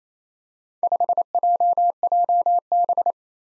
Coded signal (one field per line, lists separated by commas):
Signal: Morse code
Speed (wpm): 29 wpm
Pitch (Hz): 700 Hz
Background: none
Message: 5JJB